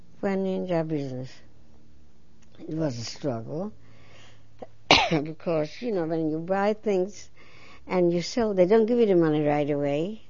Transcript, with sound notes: into that business. It was a struggle. ( she coughs ) Because, you know, when you buy things and you sell they don't give you the money right away.